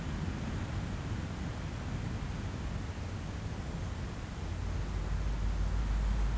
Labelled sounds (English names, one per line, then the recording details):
none
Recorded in pastures near Puerto Asís, Putumayo, Colombia, on 19 March 2025 at 09:00
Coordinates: 0.472, -76.329
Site G074